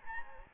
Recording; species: mosquito wingbeat signal from an infrared sensor; Anopheles gambiae